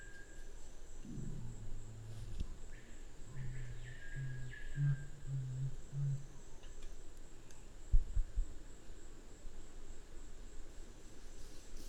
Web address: sound Black-curassow. صدای-پرنده-کاکل-فری-سیاه